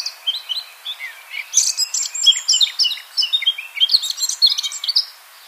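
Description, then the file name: Eurasian blackcap song: soft twittering opening into a loud, fluty whistled warble with quick varied notes. "Sylvia atricapilla"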